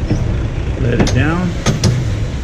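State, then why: Seated. Someone talks as the adjustable section of a 2240 escalator cleaner is lowered. The locking pin of the adjustable frame latches with a single sharp metal click at 1.8 s, and the frame locks into place.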